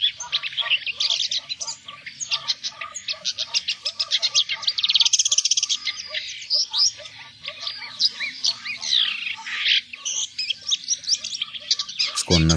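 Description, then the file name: Red-backed shrike with a busy warbling song of scratchy chirps, twitters and short whistles tumbling continuously, with a sudden loud thump at the very end. "Gąsiorek"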